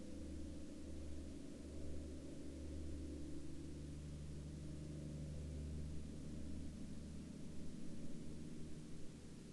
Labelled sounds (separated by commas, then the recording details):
man-made sound
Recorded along the Dempster Highway, Canada, on 4 April 2020 at 16:46
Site 12